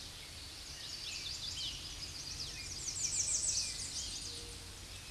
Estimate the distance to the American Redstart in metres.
about 15 m